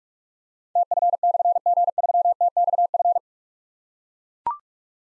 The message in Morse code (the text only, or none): TF/G3TXF